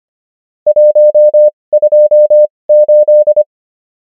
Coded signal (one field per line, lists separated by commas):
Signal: Morse code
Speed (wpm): 25 wpm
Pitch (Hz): 600 Hz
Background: none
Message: 128